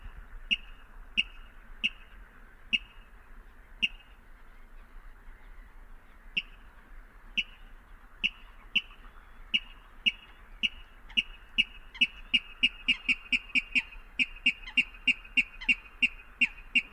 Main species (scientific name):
Rallus aquaticus